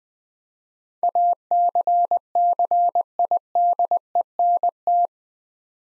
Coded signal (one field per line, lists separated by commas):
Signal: Morse code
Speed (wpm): 21 wpm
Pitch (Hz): 700 Hz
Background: none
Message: ACCIDENT